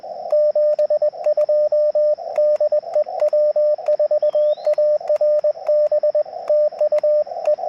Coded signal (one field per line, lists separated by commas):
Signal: Morse code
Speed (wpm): 21 wpm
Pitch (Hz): 600 Hz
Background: radio noise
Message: 72 DE W4ARB TU E